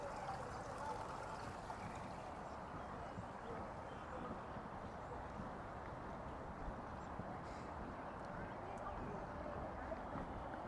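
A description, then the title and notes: A walk counterclockwise around the White House, with a dense, unbroken murmur of many voices over a steady low rumble. The level stays even throughout, with faint clopping mixed in and a brief brighter hiss near the seven-second mark. Counterclockwise around the White House. A stereo field recording from June 4, 2017 in Washington D.C.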